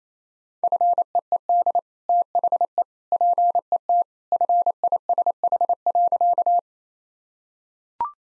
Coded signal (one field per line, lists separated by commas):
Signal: Morse code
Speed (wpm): 28 wpm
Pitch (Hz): 700 Hz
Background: none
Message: FEED THE PET FISH.